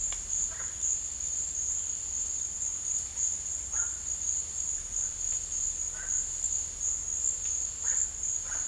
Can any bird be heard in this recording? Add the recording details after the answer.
yes. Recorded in dense forest near Puerto Asís, Putumayo, Colombia, on 20 December 2024 at 13:30. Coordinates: 0.484, -76.325. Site G056